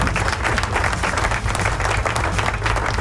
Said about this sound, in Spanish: Así que aplauso, ¿dónde están los aplausos? Tíralo ahí, aplauso.